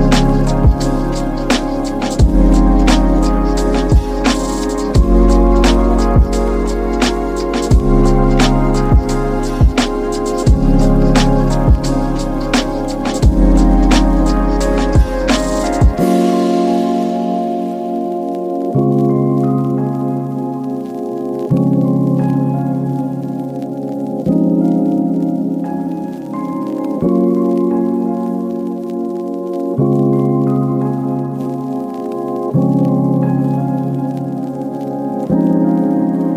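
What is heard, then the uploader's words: A mellow lofi beat with soft crackle, steady chords and bass for sixteen seconds, then the drums and low end drop away, leaving sustained keys. Vinyl crackle on a smooth lofi beat.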